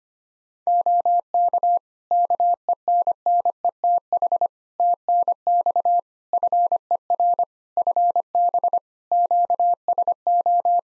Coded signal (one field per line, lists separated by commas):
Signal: Morse code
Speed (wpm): 25 wpm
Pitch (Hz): 700 Hz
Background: none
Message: OK KENNETH TNX FER FB QSO